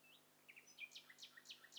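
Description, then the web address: Overlapping bird calls from several individuals: quick downslurred chirps and higher sweeping notes tumbling over one another in a busy, irregular chorus. Several birds calling at once; stereo recording. "Hi Fi STEREO BIRD COCKTAIL PARTY Challenge"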